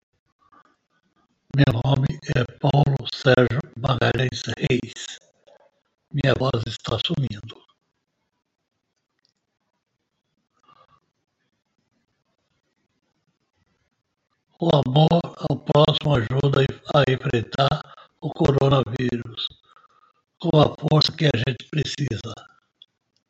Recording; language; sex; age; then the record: spoken sentence; Brazilian Portuguese; male; 60 to 69 years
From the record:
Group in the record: control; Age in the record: 65 years